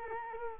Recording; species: mosquito wingbeat signal from an infrared sensor; Culex quinquefasciatus